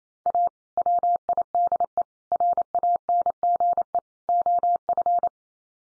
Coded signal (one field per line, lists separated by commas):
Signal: Morse code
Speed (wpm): 28 wpm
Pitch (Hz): 700 Hz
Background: none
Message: A WIDE RANGE OF